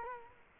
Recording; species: mosquito wingbeat signal from an infrared sensor; Culex quinquefasciatus